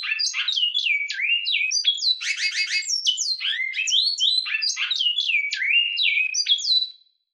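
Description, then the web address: Great-billed seed-finch singing a continuous song of clear, sliding whistles that step up and down, broken by a fast buzzy trill in the middle. Song style called batuque. "bicudario cantos batuque"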